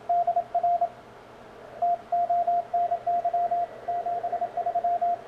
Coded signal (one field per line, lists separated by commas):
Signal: Morse code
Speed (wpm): 27 wpm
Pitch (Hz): 690 Hz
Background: radio noise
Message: DR TONY 73